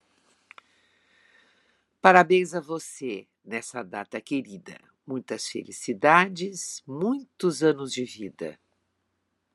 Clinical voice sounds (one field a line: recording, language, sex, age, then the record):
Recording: short text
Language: Brazilian Portuguese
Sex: female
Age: 70 to 79 years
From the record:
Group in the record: control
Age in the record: 79 years